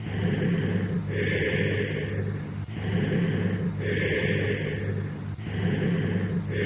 Cavernous type of bronchial breath sounds heard over a cavity the low pitch of the bronchial sounds.